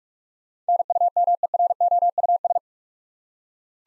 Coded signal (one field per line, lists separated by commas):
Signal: Morse code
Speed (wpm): 42 wpm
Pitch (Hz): 700 Hz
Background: none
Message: NUMEROUS